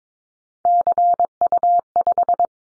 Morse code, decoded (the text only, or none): CU5